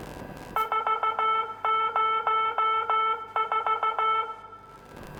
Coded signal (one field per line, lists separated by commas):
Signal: Morse code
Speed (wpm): 16 wpm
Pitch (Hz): 1320 Hz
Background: music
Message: 404